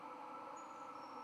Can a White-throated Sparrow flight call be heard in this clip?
no